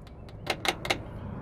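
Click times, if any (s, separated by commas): 0.5 s, 0.7 s, 0.9 s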